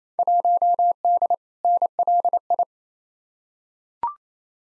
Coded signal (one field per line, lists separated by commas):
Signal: Morse code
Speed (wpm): 28 wpm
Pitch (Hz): 700 Hz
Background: none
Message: 1D NLI